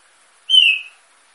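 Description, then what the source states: Green-winged saltator producing a single bright whistled note that slides slightly downward, brief and clean against silence. Female singing while warming up, kept in an aviary.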